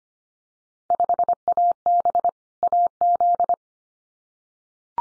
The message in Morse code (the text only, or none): 5AB AZ